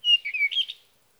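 Sage thrasher giving a brief warbled phrase of a few slurred notes, over in under a second.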